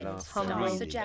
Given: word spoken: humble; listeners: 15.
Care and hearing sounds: one English word in noise, from a listening test; four-talker babble; -0.1 dB; 1 of 15; 6 of 15; 0.65 s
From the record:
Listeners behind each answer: 6, 4, 1, 1, 1, 1, 1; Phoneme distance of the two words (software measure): 10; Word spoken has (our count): 2 syllables, 5 phonemes, stress on syllable 1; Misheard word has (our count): 2 syllables, 5 phonemes, stress on syllable 1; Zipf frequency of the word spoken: 4.02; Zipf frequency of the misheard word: 4.50

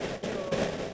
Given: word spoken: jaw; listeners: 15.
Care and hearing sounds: one English word in noise, from a listening test; noise modulated by three-talker babble; -7.7 dB; 0 of 15; 7 of 15; 0.55 s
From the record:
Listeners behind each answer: 7, 1, 1, 1, 1, 1, 1, 1, 1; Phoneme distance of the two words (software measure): 17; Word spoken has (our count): 1 syllable, 2 phonemes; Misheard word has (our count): 1 syllable, 3 phonemes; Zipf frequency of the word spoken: 3.88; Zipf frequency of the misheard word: 4.87

